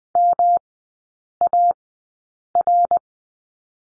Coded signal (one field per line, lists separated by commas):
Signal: Morse code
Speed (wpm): 20 wpm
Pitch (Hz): 700 Hz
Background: none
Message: MAR